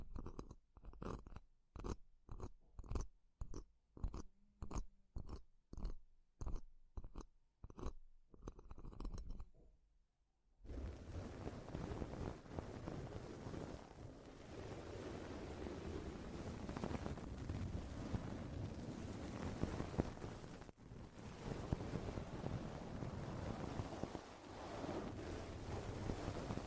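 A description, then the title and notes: Microphone grabbing: about ten seconds of regular soft thumps, then a dense, continuous rumbling rustle of hands wrapped around the mic. TimASMR- strong ear attention Grab the microphone slowly. (no talking).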